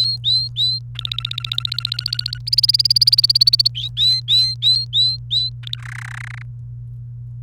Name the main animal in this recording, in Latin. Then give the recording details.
Serinus canaria. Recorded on 29 April 2018 at 15:45. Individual llb3